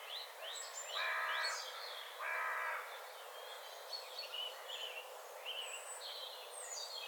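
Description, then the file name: Carrion crow calling two rasping, drawn-out caws, with assorted small birds twittering and whistling around them. "Corvus corone"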